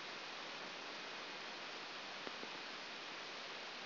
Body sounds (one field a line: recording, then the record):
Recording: brain microelectrode recording played as sound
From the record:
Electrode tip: outside the subthalamic nucleus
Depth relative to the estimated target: -8 mm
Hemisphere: left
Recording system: AlphaMap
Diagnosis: Parkinson's disease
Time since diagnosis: 9 years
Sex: female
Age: 40 years